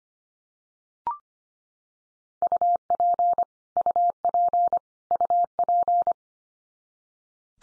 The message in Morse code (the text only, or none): UP UP UP